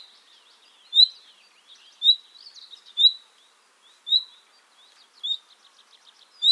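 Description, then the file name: Common nightingale song of strong, high chirps about once a second, separated by faint twittering and a brief buzzy flourish. "Luscinia megarhynchos"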